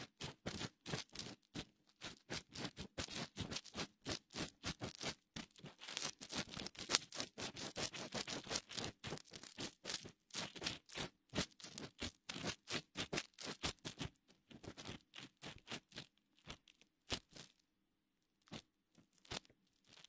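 A wooden ear pick, cotton swabs and fingertips rub and scrape in quick, rhythmic strokes, crisp and bright with dense scratchy texture. The strokes run steadily through most of the clip, then thin into sparser, separate rubs after about fifteen seconds, with a faint low hum underneath.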